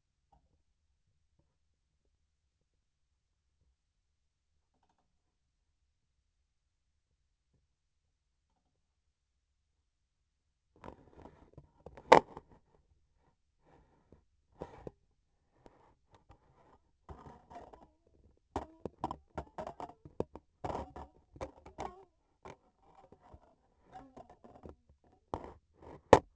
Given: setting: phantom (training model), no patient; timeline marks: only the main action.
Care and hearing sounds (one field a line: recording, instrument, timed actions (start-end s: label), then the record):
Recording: laparoscopic instrument, vibration sensor on the handle end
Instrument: scissors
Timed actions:
25.93-26.35 s: cutting thread
From the record:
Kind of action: gesture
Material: cotton thread